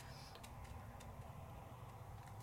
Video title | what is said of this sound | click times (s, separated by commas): #449 Emboss It like it's HOT with Sizzix Switchlits. New Exclusive Wax Lyrical for stunning effects | yep right when you get it it kind of clicks into place all i have to do is lay it down | 0.5 s